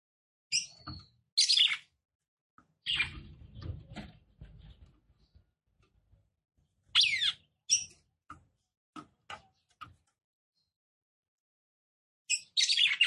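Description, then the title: Red-cowled cardinal song: scattered sharp high chirps and short chattering bursts with gaps, plus a low knocking sound early on. Female song, described as excited, used to stir up and provoke male red-cowled cardinals. "CANTO DA FÊ MEA GALO CAMPINA FOGOSA LEVANTA FOGOESQUENTA GALO CAMPINA MACHO RAPIDINHO FÊ MEA NERVOSA"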